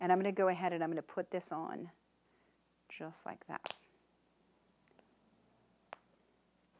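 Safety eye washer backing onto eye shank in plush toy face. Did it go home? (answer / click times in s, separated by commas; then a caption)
yes / 5.9 s. Someone talks, then a plastic hat-shaped safety eye backing is pushed onto the shank of a plastic safety eye through minky plush fabric on a plush toy's face. A couple of faint ticks come at about 4.9 and 5.0 seconds as it ratchets down. A sharp click at 5.9 seconds marks the backing seated all the way down.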